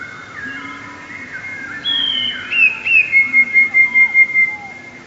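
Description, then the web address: Eurasian blue tit song follows some faint lower whistles: a high thin note, two slurred notes, then a rapid trill of several notes. "wroblowe teka 2 spiew 2. wroblowe teka modraszkoteka"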